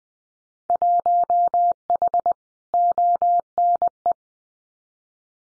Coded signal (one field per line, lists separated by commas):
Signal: Morse code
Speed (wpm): 20 wpm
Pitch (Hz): 700 Hz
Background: none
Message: 1H ONE